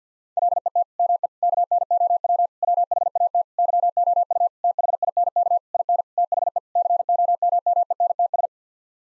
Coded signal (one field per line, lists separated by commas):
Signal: Morse code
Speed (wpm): 50 wpm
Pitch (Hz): 700 Hz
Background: none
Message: LET ME KNOW WHAT YOU THINK IN THE COMMENTS